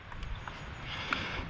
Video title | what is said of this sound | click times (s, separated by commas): 506SXS & ATV - Hondasxs.com ADD A LIGHT 2022+ Honda Pioneer 1000 Installation | okay just click into place | 1.1 s